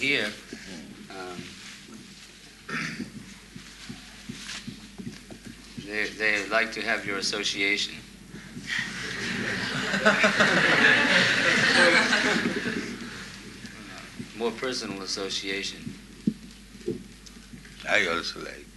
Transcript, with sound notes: here, they would like to have your association, [laughter] more personal association.
I also like.